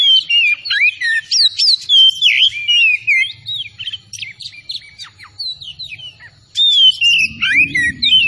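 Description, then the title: Oriental magpie-robin song of rich, fluty whistles and sharp chirps delivered energetically, a brief lull, then more phrases with a low rumbling noise near the end. Singing vigorously (gacor). "Kacer Tretes"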